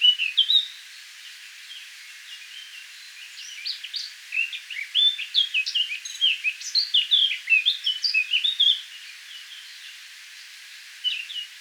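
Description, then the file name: Eurasian blackcap warbling in a rapid stream of mixed chirps and slurred whistles, a brief burst at the start, a long phrase in the middle, then a short final snatch. "Sylvia atricapilla"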